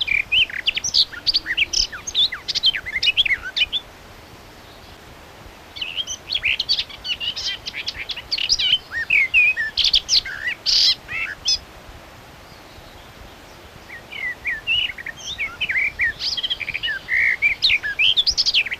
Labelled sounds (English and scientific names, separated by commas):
Garden Warbler (Sylvia borin) song